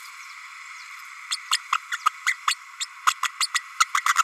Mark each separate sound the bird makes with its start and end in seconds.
1.30-1.37, 1.51-1.58, 1.72-1.77, 1.91-1.97, 2.05-2.09, 2.26-2.34, 2.47-2.54, 2.80-2.86, 3.06-3.14, 3.23-3.29, 3.40-3.47, 3.54-3.61, 3.80-3.85, 3.94-4.01, 4.06-4.14